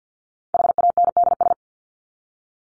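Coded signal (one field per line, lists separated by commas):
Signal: Morse code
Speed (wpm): 50 wpm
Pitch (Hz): 700 Hz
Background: none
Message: HANDS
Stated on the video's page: Morse practice of the top 100 words ending in ES or S and their root words, at 50 wpm for head-copy training.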